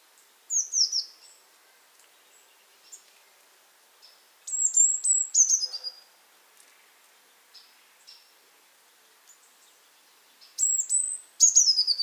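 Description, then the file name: Eurasian blue tit calling in three bursts of high thin descending notes, with faint scattered ticks between. "Cyanistes caeruleus"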